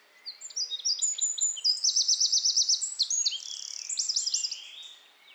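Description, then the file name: Eurasian wren song: a shrill, fast cascade of high notes and rattling trills, delivered energetically for nearly five seconds. "Troglodytes troglodytes"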